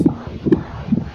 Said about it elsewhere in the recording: If you've ever wondered what it sounds like for a baby in a womb, they've simulated some audio. Just listening to mum's heartbeat.